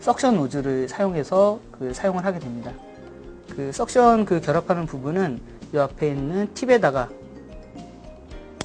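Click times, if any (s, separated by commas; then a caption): 8.6 s. Someone talks while a plastic tip is pressed firmly onto the suction nozzle of an irrigator, with music in the background. A sharp click is heard at 8.6 s as the tip seats fully onto the suction nozzle, completing the fitting.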